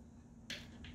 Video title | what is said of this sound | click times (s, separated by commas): PinDoc Pinball Playfield Rotisserie: Unboxing, Assembly, and Review | and then spin it around until it locks in place | 0.5 s